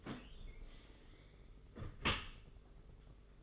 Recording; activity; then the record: daily activity, microphone in the room; close dishwasher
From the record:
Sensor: 4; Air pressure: 992.1 hPa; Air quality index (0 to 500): 110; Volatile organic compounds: 18 ppm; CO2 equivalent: 2630 ppm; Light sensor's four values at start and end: 23/78/28/30 and 23/78/28/30